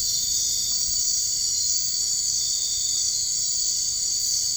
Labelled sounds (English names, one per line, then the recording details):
none
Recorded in dense forest near Puerto Asís, Putumayo, Colombia, on 21 March 2025 at 02:00
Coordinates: 0.485, -76.318
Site G056